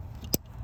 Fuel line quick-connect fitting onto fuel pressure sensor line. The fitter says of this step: we're gonna pop this in, clicked in.